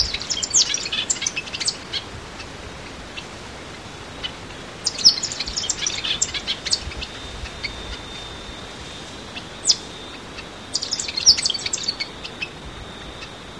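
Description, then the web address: Tanager singing several short bursts of bright, high chirps, with a thin steady tone and soft hiss behind. "cantos tangaceles"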